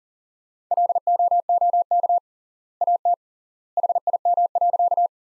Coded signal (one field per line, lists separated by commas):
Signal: Morse code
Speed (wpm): 40 wpm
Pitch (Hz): 700 Hz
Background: none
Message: LOOK AT HIM.